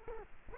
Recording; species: mosquito wingbeat signal from an infrared sensor; Culex quinquefasciatus